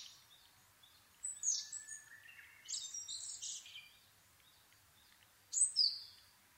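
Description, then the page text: Asian brown flycatcher song: a few high, jumbled twittering phrases with gaps between them. Nikko, Japan, 26 April 2011 at 4:39, altitude 730 m; Sony PCM-D50 recorder with Panasonic WM-61A microphone. "kosamebitaki-20110426-0439. Muscicapa dauurica [Sounds -Nikko Today-]. 4/ 26 2011, 4:39 alt=730m"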